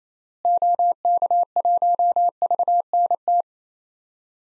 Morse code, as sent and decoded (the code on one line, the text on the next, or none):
--- -.- .---- ...- -. -
OK1VNT